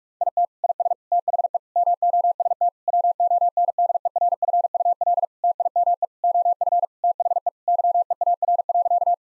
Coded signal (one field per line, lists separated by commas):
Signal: Morse code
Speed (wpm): 46 wpm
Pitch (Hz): 700 Hz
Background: none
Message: IT IS THE MOST WONDERFUL TIME OF THE YEAR.